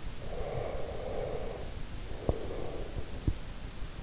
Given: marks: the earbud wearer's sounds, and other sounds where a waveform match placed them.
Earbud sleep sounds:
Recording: sounds in sleep by an in-ear microphone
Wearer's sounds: breath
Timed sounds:
0.15-3.01 s: breath

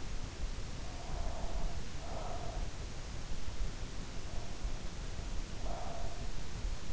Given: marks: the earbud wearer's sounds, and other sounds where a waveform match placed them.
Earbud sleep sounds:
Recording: sounds in sleep by an in-ear microphone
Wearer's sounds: breath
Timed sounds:
0.68-3.08 s: breath
3.94-6.87 s: breath

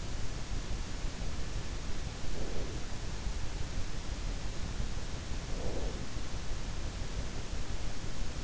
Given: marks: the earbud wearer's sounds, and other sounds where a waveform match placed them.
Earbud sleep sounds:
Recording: sounds in sleep by an in-ear microphone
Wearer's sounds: breath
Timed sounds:
1.99-3.14 s: breath
5.21-6.32 s: breath

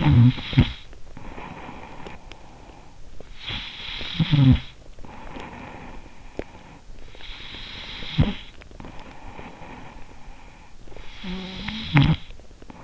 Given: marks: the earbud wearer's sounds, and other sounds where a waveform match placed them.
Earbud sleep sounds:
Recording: sounds in sleep by an in-ear microphone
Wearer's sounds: snoring breath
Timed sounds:
0.00-12.84 s: snoring breath

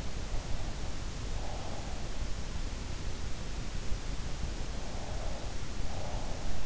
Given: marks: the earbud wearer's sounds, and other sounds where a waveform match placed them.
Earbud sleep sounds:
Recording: sounds in sleep by an in-ear microphone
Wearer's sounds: breath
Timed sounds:
0.00-2.05 s: breath
4.82-6.62 s: breath

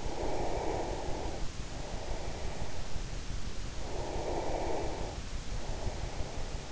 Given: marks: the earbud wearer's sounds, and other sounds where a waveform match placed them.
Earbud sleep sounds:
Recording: sounds in sleep by an in-ear microphone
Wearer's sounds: breath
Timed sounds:
0.00-3.01 s: breath
3.68-6.58 s: breath

